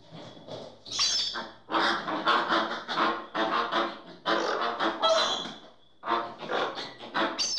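Bird giving harsh, raspy squawks in dense bursts, broken by short pauses, with occasional thin higher whistled notes mixed in.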